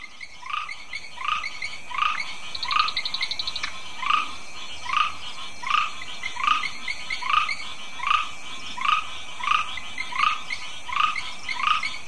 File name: Ptychadena trinodis